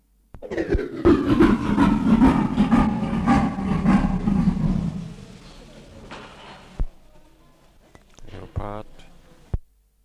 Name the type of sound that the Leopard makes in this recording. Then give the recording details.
call. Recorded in captivity. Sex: group. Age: diverse. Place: Zoo Berlin, Berlin, DE. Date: 1960-01-10 14:30. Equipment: Reporter (Vollspur). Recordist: Tembrock, Günter. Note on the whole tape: Weibchen mit Jungen: Rufreihe und diverse Laute, zweimal auch Stoßlaute in Nähe der Jungen (Muffen). Abstand 2-4 m